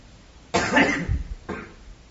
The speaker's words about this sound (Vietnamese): Cứ ho hoài, anh ho nó vô máy của tôi á, tiếng ho lớn lắm đó.